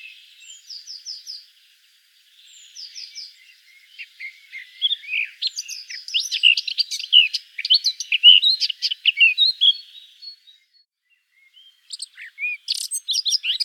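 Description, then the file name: Eurasian blackcap song opening with soft, quiet chattering twitters, then building into a loud, rapid warble of fluty and scratchy notes, pausing before more bursts. "Sylvia atricapilla"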